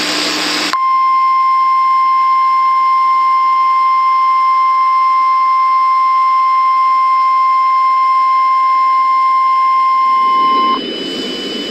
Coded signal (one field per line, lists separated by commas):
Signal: Emergency Alert System (SAME) tones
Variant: 1050 Hz attention tone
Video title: EAS Scenario: "Suffocating Manhattan"